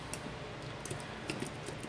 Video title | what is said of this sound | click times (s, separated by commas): [16 16]. Course 16 — 16 Locks You Should Know (1Hr. 52Min.) Locksmith Training | and get that get it up. There we go. you get you heard it snap in | 0.1 s